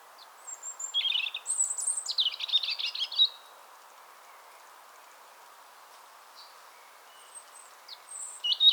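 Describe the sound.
European robin singing: a burst of high, thin, scratchy notes and trills, then silence, with a few high notes returning near the end.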